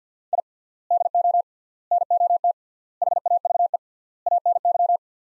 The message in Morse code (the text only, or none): I DO NOT HAVE ANY